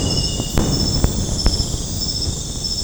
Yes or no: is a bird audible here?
no